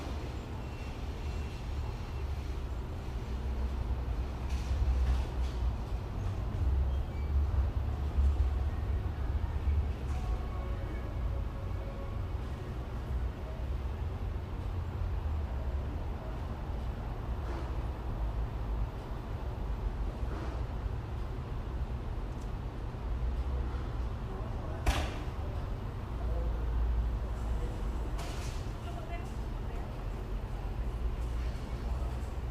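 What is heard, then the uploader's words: Inside a Lowe's garden center, a steady low rumble fills the whole stretch, like passing traffic or machinery, with faint murmuring voices. Short clanks and clicks break through now and then, sharpest around 25 and 28 seconds. Standing inside a Lowe's Garden Center on Iverson Way.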